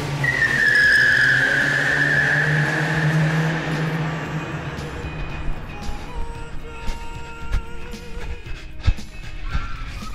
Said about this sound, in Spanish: Saltan los escalones que separan el bar de la calle y salen corriendo tras el coche que chilla a rueda al arrancar.